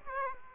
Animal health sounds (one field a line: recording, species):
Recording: mosquito wingbeat signal from an infrared sensor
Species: Aedes aegypti